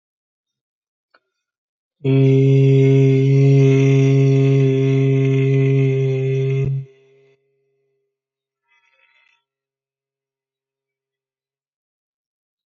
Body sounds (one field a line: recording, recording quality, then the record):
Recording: sustained vowel as in made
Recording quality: excellent, no background noise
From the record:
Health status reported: healthy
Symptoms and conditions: none ticked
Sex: male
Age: 36 years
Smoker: not ticked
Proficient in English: yes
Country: India